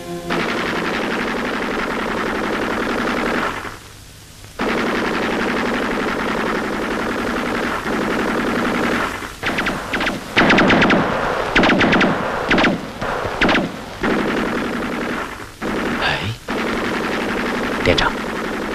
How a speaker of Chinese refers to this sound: 发现了我们？不，这是敌人值班机枪。搞掉他，动作要快。